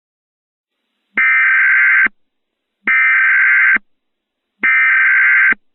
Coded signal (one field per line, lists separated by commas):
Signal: Emergency Alert System (SAME) tones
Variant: header bursts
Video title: EAS Mock: Moon Apocalypse